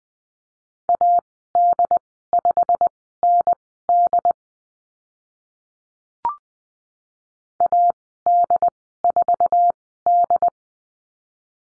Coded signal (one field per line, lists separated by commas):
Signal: Morse code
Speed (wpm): 20 wpm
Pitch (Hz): 700 Hz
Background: none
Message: AD5ND AD4D